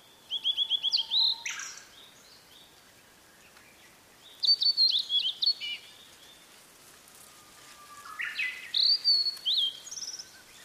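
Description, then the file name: Blue-and-white flycatcher song, phrases of quick repeated high notes and slurred whistles ending buzzily, three bursts, with a low drawn-out whistle between. "oruri"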